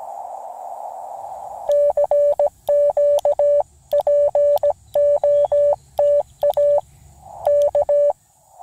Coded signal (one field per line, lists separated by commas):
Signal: Morse code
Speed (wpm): 17 wpm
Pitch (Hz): 580 Hz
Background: none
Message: CQ POTA K